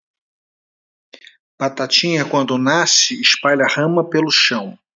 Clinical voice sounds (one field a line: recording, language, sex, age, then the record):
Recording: short text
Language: Brazilian Portuguese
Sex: male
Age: 60 to 69 years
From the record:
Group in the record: control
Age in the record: 64 years